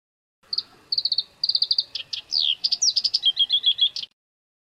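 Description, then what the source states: Black-browed reed warbler song: fast strings of high chirping notes and short trills, with brief downward sweeps among the varied phrases. Song used to train birds (masteran).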